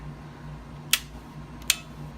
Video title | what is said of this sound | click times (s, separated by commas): Toy Mods [ Bug - A - Salt v2.0 ] - Disabling The Safety Mechanism - Modded Warfare - MrMaD | like spring-loaded and then when you pull the trigger kind of snaps back into place and prevent you from pressing that again | 1.7 s